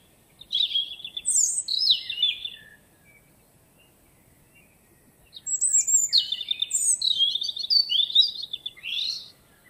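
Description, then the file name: European robin song: two rich, tumbling phrases of high, thin whistles and trills, separated by a few seconds of silence. "Erithacus rubecula"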